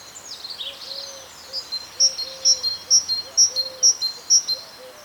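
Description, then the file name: Great tit's high see-saw two-note phrases, about six evenly spaced repeats, after brief mixed chirps at the start, with a soft lower warble underneath. "Parus major"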